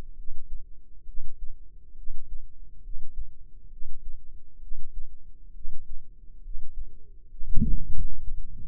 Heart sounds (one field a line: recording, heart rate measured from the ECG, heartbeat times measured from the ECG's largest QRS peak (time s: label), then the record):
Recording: heart sounds by microphone in the left ear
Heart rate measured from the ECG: 67 bpm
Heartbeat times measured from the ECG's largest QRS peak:
0.15 s: heartbeat
1.05 s: heartbeat
1.95 s: heartbeat
2.82 s: heartbeat
3.69 s: heartbeat
4.59 s: heartbeat
5.52 s: heartbeat
6.41 s: heartbeat
7.28 s: heartbeat
8.19 s: heartbeat
From the record:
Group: healthy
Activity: cold pressor test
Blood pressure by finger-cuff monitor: 109/71 mmHg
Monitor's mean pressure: 83 mmHg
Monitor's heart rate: 67 bpm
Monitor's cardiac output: 5.3 L/min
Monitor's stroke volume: 78 mL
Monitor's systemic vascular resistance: 1150 dyn s/cm5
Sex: female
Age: 22 years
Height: 160 cm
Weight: 45 kg